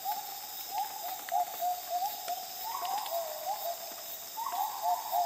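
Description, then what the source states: Gibbon hoots in a rapid chain of rising notes, occasionally jumping into a higher phrase, over a soft hum of insects. Calm dawn chorus in the rainforest jungles of Borneo, with insects and soft fog drip.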